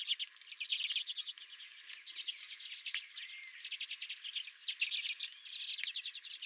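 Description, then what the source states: Redpolls giving rapid twittering chatter in bursts, with a short whistled note near the middle. Redpolls calling at the recordist's feeder.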